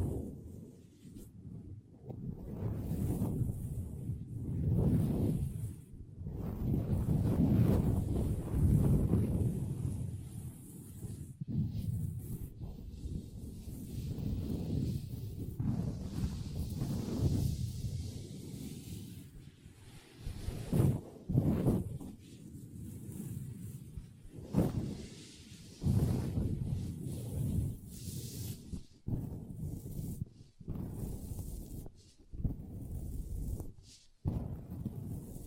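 Long nails tap and scratch across a table in an uneven, restless stream of dull, low scraping and rubbing. The sound swells and fades in waves, busiest around the first ten seconds, with sharp isolated taps breaking through more often in the second half.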